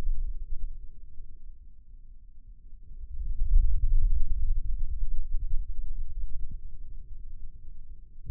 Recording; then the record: forearm muscle sounds (acoustic myography)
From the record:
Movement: radial deviation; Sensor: system 2, bracelet of six BSWA MPA416 microphones around the upper forearm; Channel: 1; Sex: male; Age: 22 years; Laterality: right